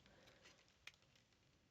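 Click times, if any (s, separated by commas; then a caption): 0.9 s. A figure's feet are pushed into the opened plastic mech suit port of a Good Smile THE GATTAI DX Sounderous, with faint handling rustle throughout. A sharp click at 0.9 s marks the feet locking into place in the port, and they are seated.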